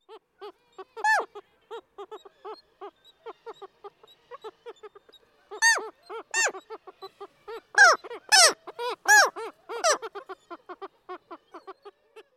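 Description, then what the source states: Black-legged Kittiwake ko calls: short staccato nasal notes in an irregular series, mostly soft with louder bursts, loudest in the second half. Close-up; loud staccato ko call, often given on arrival at the nest; part of the pair's courtship.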